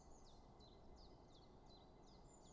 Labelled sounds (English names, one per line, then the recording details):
Common Chiffchaff
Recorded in Germany
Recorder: ecoPi